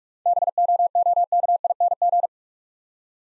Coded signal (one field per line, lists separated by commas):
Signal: Morse code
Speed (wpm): 44 wpm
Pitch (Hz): 700 Hz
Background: none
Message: BOOKING